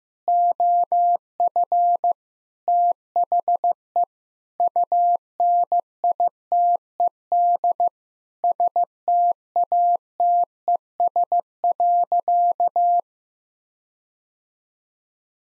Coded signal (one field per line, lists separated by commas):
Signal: Morse code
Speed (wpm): 15 wpm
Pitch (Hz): 700 Hz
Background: none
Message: OF THE UNITED STATES.